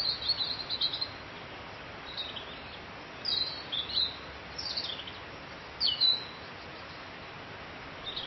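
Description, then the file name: Bird song with high twittery phrases coming every second or two against a steady noisy hiss. "Vogel"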